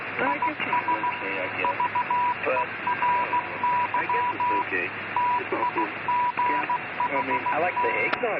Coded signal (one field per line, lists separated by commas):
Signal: Morse code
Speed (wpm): 15 wpm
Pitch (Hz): 980 Hz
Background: speech, radio noise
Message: IS VERY TIGHT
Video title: ILLEGAL RADIO